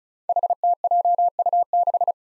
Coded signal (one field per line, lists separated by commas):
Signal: Morse code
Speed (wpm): 36 wpm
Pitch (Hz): 700 Hz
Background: none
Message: HTJU6